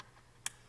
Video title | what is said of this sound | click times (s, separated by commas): Replacing Adam 6051 | you'll hear it click again | 0.5 s